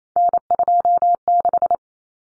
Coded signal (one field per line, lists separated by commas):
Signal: Morse code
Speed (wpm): 28 wpm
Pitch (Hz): 700 Hz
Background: none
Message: N26